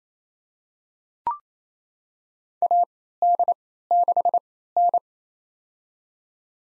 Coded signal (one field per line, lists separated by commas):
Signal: Morse code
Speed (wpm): 28 wpm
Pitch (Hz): 700 Hz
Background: none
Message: AD6N